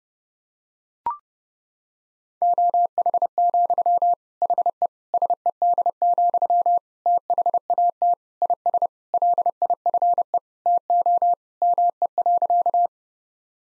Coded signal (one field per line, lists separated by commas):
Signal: Morse code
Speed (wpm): 30 wpm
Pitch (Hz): 700 Hz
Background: none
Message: OH, HE SED, THAT IS LIFE TO ME.